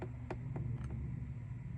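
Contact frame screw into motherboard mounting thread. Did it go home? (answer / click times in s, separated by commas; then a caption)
no / none. A small metal screw of a Thermalright CPU contact frame is turned counterclockwise in a motherboard mounting thread, feeling for the thread to drop into place. A few faint, sharp ticks sound over a steady low hum. Nothing has seated or clicked into place yet.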